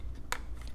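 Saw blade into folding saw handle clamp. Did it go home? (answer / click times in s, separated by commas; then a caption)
yes / 0.3 s. A Diablo reciprocating saw blade is inserted into the clamp of a compact folding saw handle, and the release button is let go so the blade locks in place. A sharp, bright click sounds at 0.3 seconds, followed by a few faint, softer ticks. The blade is seated and locked into the tool.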